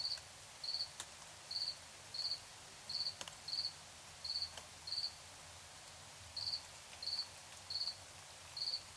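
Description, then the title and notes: Cricket song of brief trilled chirps, about one or two each second with a short pause midway, against low background hiss. Crickets at night in Tiny, Ontario. "Crickets and coyotes. Recorded in Tiny, Ontario by Anton Pickard"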